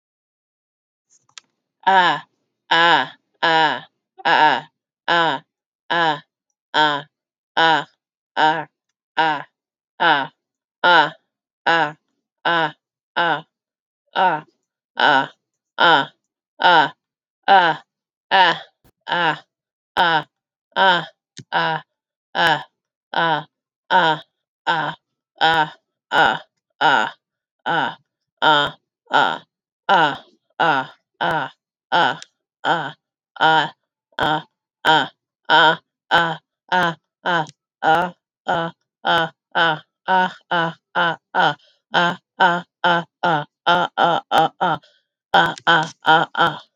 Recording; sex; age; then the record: vowel held as long as possible; female; 50 to 59 years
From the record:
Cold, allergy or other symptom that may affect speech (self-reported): no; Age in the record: 56 years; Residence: Missouri, United States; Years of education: 12